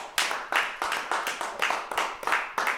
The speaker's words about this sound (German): Applaus.